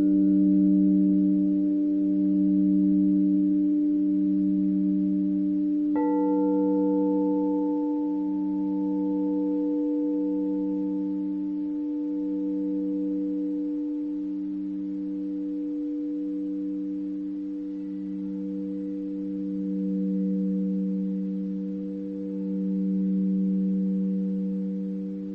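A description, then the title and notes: Crystal singing bowls hum in sustained pure tones with a slow regular pulsing throb, and a fresh bright bowl strike joins around six seconds. Crystal Singing Bowls _ Binaural Beats.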